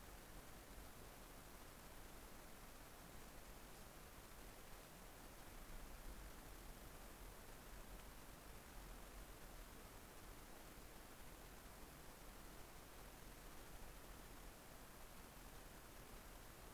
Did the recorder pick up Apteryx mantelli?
no